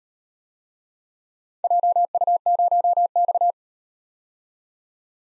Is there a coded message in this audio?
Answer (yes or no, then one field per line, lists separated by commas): yes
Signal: Morse code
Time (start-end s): 1.6-3.5 s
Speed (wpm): 38 wpm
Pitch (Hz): 700 Hz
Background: none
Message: JU0X